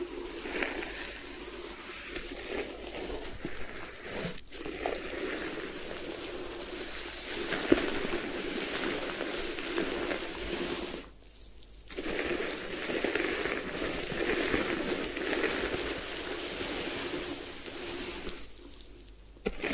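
A head spa hair wash with a dense, steady wet rustling and squishing through most of the clip, bright and hissy with a band of low scrubbing underneath. The sound drops out briefly near 4.5 seconds, around 11–12 seconds, and again near 19 seconds before resuming.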